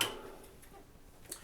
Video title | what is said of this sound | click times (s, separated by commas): Green Star Elite GSE-5000 Juicer Common Questions and Answers | So we’re going to go ahead and put this in, and if we got this in and it snapped into place, then it’s going to allow us to turn the machine on just like that. | 0.0 s